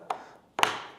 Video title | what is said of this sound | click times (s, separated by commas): First look at the tavern core bundle for DnD | And you can hear they just snap in. | 0.1 s, 0.6 s